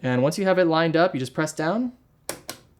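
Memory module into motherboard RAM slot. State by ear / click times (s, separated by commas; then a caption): seated / 2.3 s, 2.5 s. A DDR4 memory module is pressed down into a motherboard RAM slot while someone talks. Two sharp clicks follow at 2.3 s and 2.5 s as the plastic retention latches lock on both sides, and the module is seated.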